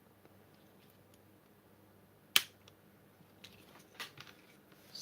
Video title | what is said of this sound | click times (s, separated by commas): penguin arctic roller instructions🐧 (Live Build!) | and all snapped into place like that yep | 2.4 s